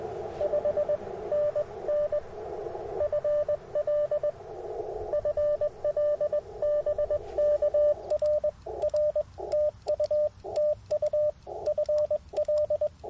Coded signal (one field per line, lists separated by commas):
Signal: Morse code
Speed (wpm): 20 wpm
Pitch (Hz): 590 Hz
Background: radio noise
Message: 5NN FL FL BK R R TU TU FL